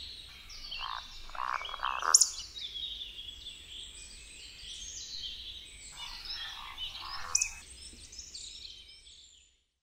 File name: SŁONKA